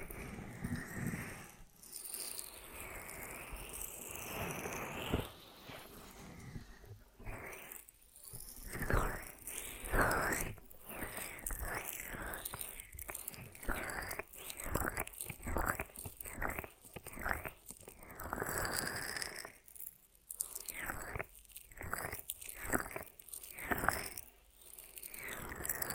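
Ear massage triggers: soft rubbing and crinkly, chewing-like textures in close bursts, busier after seven seconds, with brief pauses around twenty seconds.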